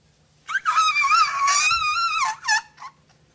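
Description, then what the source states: Asian elephant giving a long, high, wavering squeal with rich harmonics lasting nearly two seconds, followed by two brief chirping squeaks. In Thailand.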